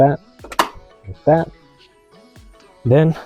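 With the new air filter installed in a Crown Vic, the metal clamp latches on the air filter housing are hooked back onto the air box lid and snapped down. Someone talks, and a few small knocks lead into a sharp, loud snap at 0.6 s as a latch seats shut.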